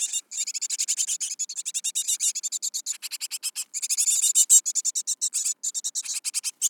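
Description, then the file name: Great tit continuous harsh churring, a dense, fast rattle of buzzy notes running almost without break. "Parus major"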